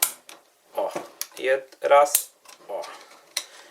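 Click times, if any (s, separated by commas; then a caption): 0.3 s. A metal Seeger circlip snaps into its groove in the leg of a 2014 RockShox Argyle RCT suspension fork, holding the damper part in place, with a sharp click at 0.3 s while someone talks. The ring is seated and the damper part cannot be pulled out.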